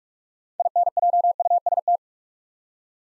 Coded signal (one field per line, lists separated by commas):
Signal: Morse code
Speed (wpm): 44 wpm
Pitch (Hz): 700 Hz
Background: none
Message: INJUST